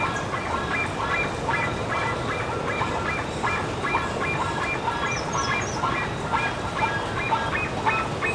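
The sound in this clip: Bird calls: repeated nasal honks, with a few brief higher chirps midway, over steady rushing noise.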